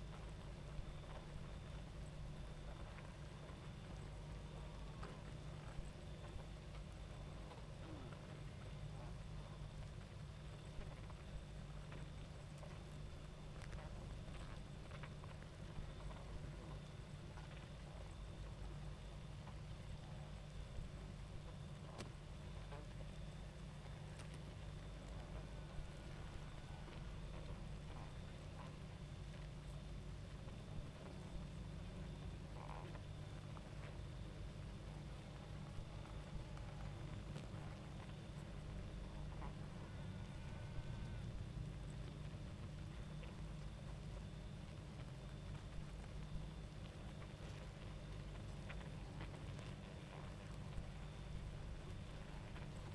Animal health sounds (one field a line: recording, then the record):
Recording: honeybee colony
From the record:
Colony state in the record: active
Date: 28 July 2017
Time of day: 22:30